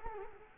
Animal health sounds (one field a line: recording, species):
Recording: mosquito wingbeat signal from an infrared sensor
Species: Culex quinquefasciatus